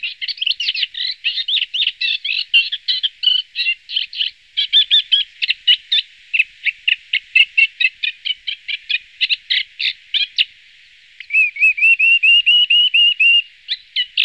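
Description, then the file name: Moustached warbler song: a long, busy run of scratchy chattering notes and varied phrases, then a rapid series of clear whistled notes rising in pitch, before chattering resumes. "palašníček-tamaryškový"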